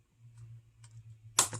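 A cylindrical battery is slid in against the spring contact of a plastic battery holder and pushed down, with faint scraping ticks around 0.8 s over a low steady hum. A sharp, loud snap at 1.4 s marks the battery seating in the holder.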